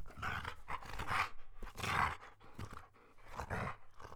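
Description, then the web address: Dog growling in several throaty, rasping surges, fading briefly between each. Medium-sized dog growling. "Khaganat-games khanat-sounds-sources stock sound library animals dogs lukofinc medium-dog-growl"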